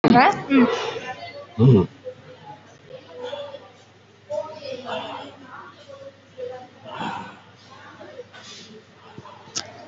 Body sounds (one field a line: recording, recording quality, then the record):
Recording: shallow breathing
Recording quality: excellent, no background noise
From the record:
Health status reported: respiratory illness, not identified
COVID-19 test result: negative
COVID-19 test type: RT-PCR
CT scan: not taken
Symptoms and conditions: cough, cold, breathing difficulty, fever, asthma, chronic lung disease, another respiratory illness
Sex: male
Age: 51 years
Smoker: no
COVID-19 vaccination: none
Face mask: not worn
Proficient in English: no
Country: India